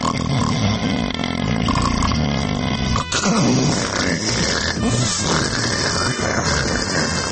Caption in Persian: دوم پیشرفته دو طرفیه. معمولا خروپف محصول عمل دمه. هم تو دم صدا رو تولید میکنن هم تو بازدم. شما توفیق دارید که از دو صدای جداگونه در یک خروپف بهره مند بشید.